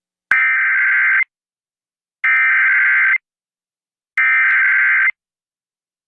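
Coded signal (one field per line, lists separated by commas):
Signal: Emergency Alert System (SAME) tones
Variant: header bursts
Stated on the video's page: EAS alerts for Hurricane/Tropical Storm Hilary.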